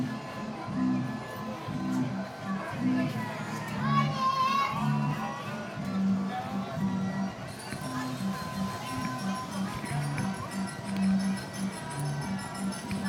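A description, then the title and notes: Steady chatter of many voices fills a Coney Island boardwalk arcade, low and dense throughout. Bright electronic tones and ringing game sounds sit on top, with a warbling, rising chirp around four seconds and steady beeping tones continuing after. Coney Island Boardwalk - Arcade II by Bandeto.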